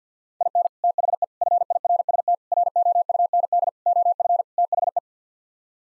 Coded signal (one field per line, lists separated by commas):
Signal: Morse code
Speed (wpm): 50 wpm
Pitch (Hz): 700 Hz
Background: none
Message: IN THE FIRST ROUND OF THE